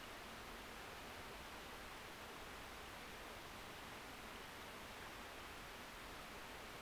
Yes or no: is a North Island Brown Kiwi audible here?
no